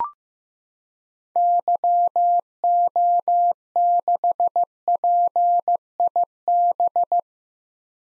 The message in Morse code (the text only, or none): YO6PIB